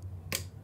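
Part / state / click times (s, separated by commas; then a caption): SCSI cable connector into external CD-ROM drive port / seated / 0.4 s. A CN-50 SCSI cable is plugged into an external CD-ROM drive, and its wire latch clips snap over the connector with a sharp, bright click at 0.4 s. The cable is seated, with a low steady hum underneath throughout.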